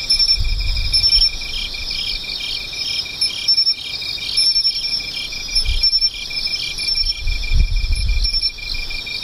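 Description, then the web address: Insects singing together, continuous high pulsed trills and chirps throughout, with a few low thumps and rumbles in the background. "nishikawa 201110 mushinokoi"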